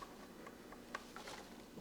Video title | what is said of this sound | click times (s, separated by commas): Life Saver Or Letdown? A full unboxing and review of the latest emergency radio.The ROCAM CR1009 PRO | gas, un tapón que pasa por los puertos, no encaja bien, pero | 1.0 s, 1.2 s